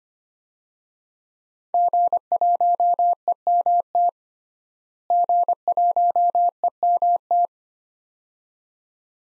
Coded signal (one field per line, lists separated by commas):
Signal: Morse code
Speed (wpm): 25 wpm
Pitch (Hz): 700 Hz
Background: none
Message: G1EMT G1EMT